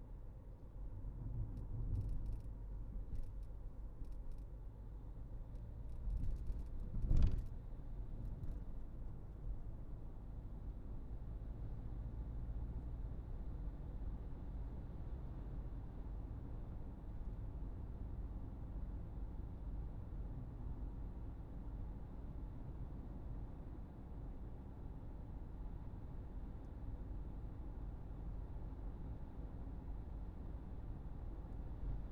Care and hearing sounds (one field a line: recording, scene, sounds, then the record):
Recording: everyday scene through a hearing-aid microphone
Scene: in a vehicle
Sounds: engine, highway driving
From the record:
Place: Berlingo II, diesel engine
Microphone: behind the ear, right, front